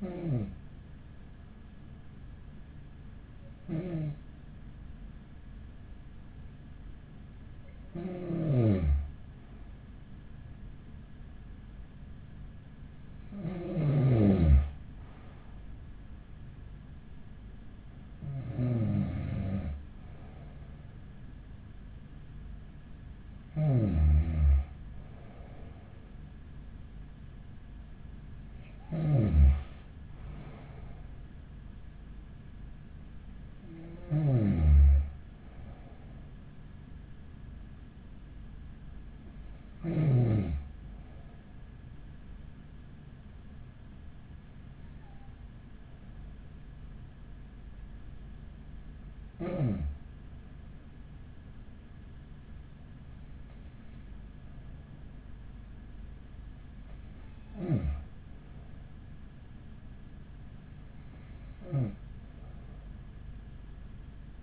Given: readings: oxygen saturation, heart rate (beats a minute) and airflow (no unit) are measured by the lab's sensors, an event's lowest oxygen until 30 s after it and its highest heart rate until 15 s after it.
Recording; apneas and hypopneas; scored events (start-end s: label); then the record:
breathing in sleep by a smartphone at the bedside; none
none scored
From the record:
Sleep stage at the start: N2 (light sleep); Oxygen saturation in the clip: 93 to 95%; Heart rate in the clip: 41 to 46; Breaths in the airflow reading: 14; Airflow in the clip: -8.4 to 12.2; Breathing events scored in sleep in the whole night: 207 in 7.6 hours asleep